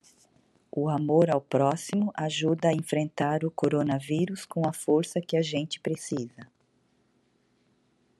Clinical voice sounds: spoken sentence; Brazilian Portuguese; female; 50 to 59 years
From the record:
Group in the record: control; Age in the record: 53 years

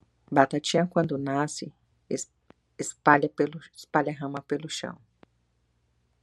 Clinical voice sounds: short text; Brazilian Portuguese; female; 40 to 49 years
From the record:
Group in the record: control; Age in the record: 42 years

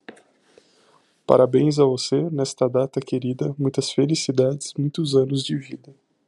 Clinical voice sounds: short text; Brazilian Portuguese; male; 30 to 39 years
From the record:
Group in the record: control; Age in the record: 33 years

